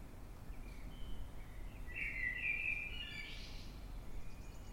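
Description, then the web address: Eurasian blackbird song phrase, a fluid mellow warble finishing in a higher, thin twittering flourish, with constant low rumble beneath. Singing in the dead of night, 3:50 am, 9 March 2026, London, UK. "Blackbird Dead Of Night. london uk. by eleanor mcdowall"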